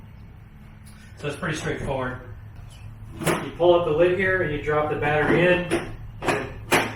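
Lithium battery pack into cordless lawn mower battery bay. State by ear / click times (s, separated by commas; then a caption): seated / 6.3 s. Someone talks while lifting the lid on an EGO Power+ 21" cordless lawn mower, dropping a 56V lithium battery pack into the battery bay and pushing it down. At 6.3 s a short, sharp click is heard as the latch engages and a green button pops up, and the battery is seated in place.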